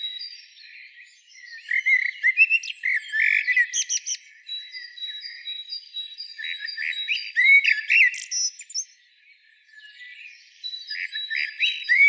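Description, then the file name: Common blackbird singing whistled warbles and high squeaky twitters in bursts, with a brief lull and a steady thin background tone. "Turdus merula"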